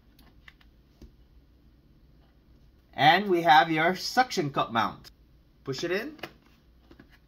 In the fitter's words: which is simply slide into place and then push up to lock